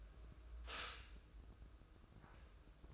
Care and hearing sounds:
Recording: daily activity, microphone in the room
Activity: stop toaster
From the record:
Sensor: 2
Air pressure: 995.2 hPa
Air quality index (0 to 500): 55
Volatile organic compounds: 1 ppm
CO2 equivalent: 886 ppm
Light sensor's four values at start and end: 16/53/21/20 and 16/53/21/20

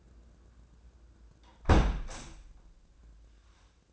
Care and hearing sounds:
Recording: daily activity, microphone in the room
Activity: close window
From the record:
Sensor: 2

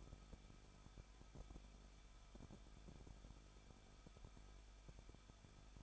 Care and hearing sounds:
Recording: daily activity, microphone in the room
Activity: no activity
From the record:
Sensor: 5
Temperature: 20.8 degrees Celsius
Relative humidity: 38.3%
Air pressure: 1006.6 hPa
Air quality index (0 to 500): 186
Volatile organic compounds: 18 ppm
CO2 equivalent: 2602 ppm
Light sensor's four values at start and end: 2/3/1/1 and 2/3/1/1

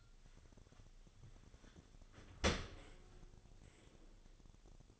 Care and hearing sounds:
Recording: daily activity, microphone in the room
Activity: open dishwasher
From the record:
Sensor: 4

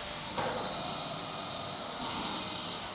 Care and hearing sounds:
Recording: daily activity, microphone in the room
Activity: vacuum cleaning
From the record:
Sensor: 3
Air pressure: 1010.2 hPa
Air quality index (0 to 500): 171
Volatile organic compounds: 10 ppm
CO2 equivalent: 2232 ppm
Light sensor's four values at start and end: 47/117/51/57 and 47/117/51/56

